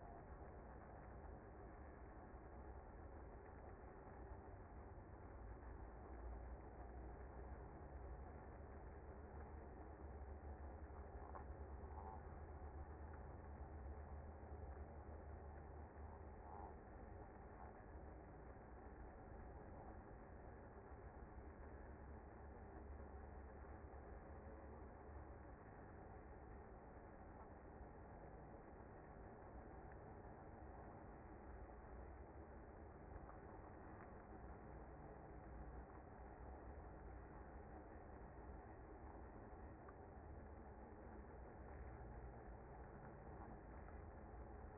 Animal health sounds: honeybee colony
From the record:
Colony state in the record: active

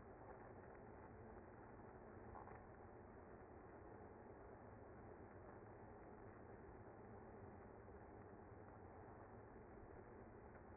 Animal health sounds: honeybee colony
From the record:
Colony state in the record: active

